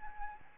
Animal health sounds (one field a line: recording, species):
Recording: mosquito wingbeat signal from an infrared sensor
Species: Aedes albopictus